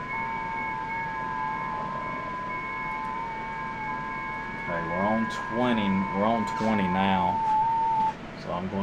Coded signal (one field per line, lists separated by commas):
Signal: FT8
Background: speech